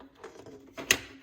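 A plastic cover is pressed over an iPhone wireless charger pad sitting in the molded ash tray insert of a Porsche Cayman 987.1's console. Faint handling rustles lead to a single sharp snap at 0.9 s as the cover pops into place and is seated.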